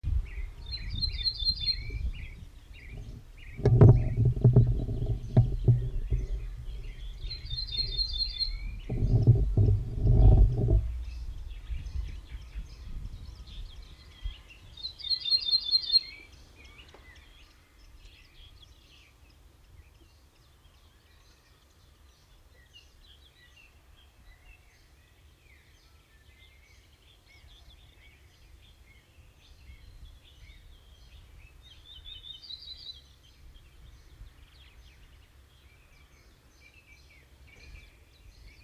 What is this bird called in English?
Ortolan Bunting